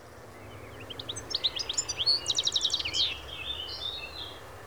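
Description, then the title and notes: European goldfinch song: a fast, tinkling run of high twittering notes and trills, with light wind noise in the background. Afternoon in the sun at a caravan near Belley, France; goldfinch in the foreground, some wind on the parabola; stereo parabolic microphone and Zoom H4n Pro. ""ma" roulotte au Vieux Pressoir - Belley, France. un chardonneret élégant"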